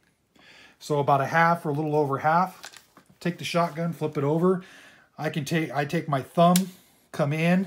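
A shotgun's action is held about half open and the gun is flipped over, while a thumb starts pushing a shotgun shell forward in the tubular magazine toward the point where it clicks past the detent. Someone talks throughout, with only faint handling noise underneath. Nothing has clicked or seated yet by the end of the clip.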